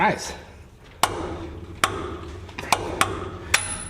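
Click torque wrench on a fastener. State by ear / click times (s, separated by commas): torque reached / 1.0 s, 1.8 s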